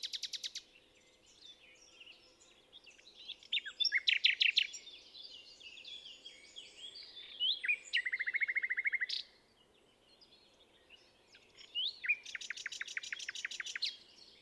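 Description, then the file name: Common nightingale song: loud rapid rattling bursts of repeated notes, a steady buzzy trill near eight seconds, and another long rattle near the end. "Luscinia megarhynchos"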